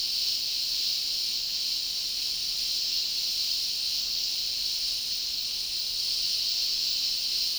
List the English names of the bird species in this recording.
none